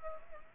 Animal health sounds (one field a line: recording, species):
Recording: mosquito wingbeat signal from an infrared sensor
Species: Aedes aegypti